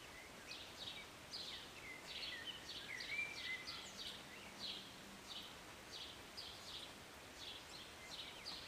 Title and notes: Rainy Morning with Birds Chirping. Was sitting on my balcony on a Sunday morning, enjoying a cup of tea and the birds. Enjoy the short rain in the morning with birds singing and chirping beautifully. And an occasional plane. Believe it or not, this was recorded in the city